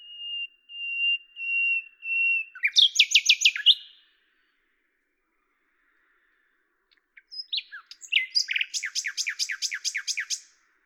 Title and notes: D83, 01350 Lavours, France - rossignol à LAVOURS. 10/05/1998